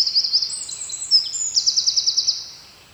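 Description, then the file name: Eurasian wren giving high, thin trills and rapid repeated notes, ending in a fast rattling series of strokes before fading. "Troglodytes troglodytes"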